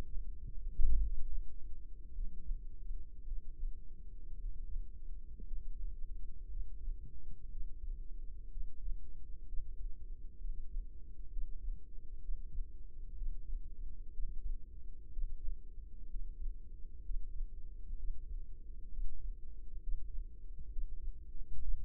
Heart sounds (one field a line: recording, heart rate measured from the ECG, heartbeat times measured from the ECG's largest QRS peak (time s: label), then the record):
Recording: heart sounds by microphone in the left ear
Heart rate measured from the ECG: 61 bpm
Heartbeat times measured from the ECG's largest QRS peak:
0.99 s: heartbeat
2.13 s: heartbeat
3.25 s: heartbeat
4.38 s: heartbeat
5.46 s: heartbeat
6.49 s: heartbeat
7.50 s: heartbeat
8.50 s: heartbeat
9.47 s: heartbeat
10.39 s: heartbeat
11.31 s: heartbeat
12.21 s: heartbeat
13.16 s: heartbeat
14.12 s: heartbeat
15.11 s: heartbeat
16.09 s: heartbeat
17.04 s: heartbeat
17.97 s: heartbeat
18.91 s: heartbeat
19.82 s: heartbeat
20.71 s: heartbeat
21.61 s: heartbeat
From the record:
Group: healthy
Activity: Valsalva maneuver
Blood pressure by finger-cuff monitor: 91/57 mmHg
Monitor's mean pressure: 66 mmHg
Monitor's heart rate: 62 bpm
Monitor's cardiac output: 4.7 L/min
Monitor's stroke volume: 77 mL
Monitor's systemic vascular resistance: 980 dyn s/cm5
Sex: female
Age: 28 years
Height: 170 cm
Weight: 77 kg